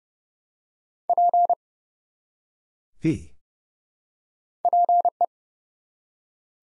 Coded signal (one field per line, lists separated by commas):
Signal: Morse code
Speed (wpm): 30 wpm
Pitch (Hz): 700 Hz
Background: none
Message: P PE